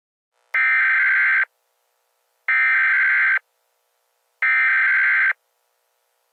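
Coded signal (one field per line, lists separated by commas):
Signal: Emergency Alert System (SAME) tones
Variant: header bursts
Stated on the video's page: Fictional EAS scenario, not a real alert.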